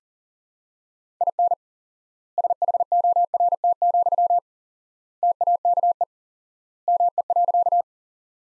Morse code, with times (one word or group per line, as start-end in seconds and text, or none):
1.2-1.5 IN
2.4-4.4 SHORT,
5.2-6.0 TAKE
6.9-7.8 ME.